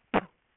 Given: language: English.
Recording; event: throat vibration sensor signal played as sound; cough